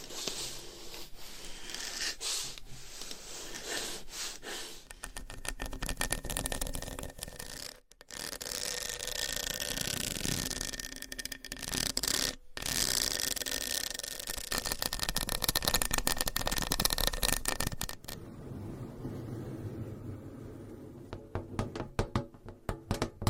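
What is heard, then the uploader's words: Bright scratching and rubbing fills the clip, with brief silent breaks near eight and twelve seconds and quicker tapping near the end. Changing Triggers Every Few Seconds Scratching , Tapping , Massage & More No Talking.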